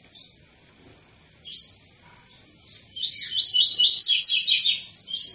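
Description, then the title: Double-collared seedeater with a few short chirps, then a loud two-second run of rapid high trilled notes. Tui-tui song style of a spirited ('fibra') bird, a teacher song used for training young birds. "COLEIRO TUI TUI FIBRA CANTO PROFESSOR"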